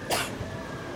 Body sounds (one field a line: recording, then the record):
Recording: coughing mixed with background sound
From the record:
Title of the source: 61 morning phlegmy cough...again